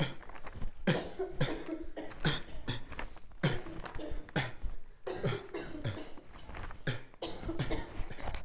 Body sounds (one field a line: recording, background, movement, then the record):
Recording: throat clearing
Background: traffic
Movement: walking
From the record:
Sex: male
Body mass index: 23.7 kg/m2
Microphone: on the chest, facing outward